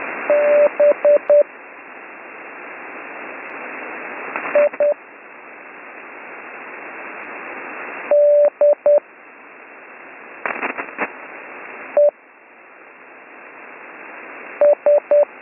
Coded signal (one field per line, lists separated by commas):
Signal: Morse code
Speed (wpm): 10 wpm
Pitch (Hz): 590 Hz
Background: radio noise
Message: BIDE S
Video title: Slow Morse Code Course - Week 3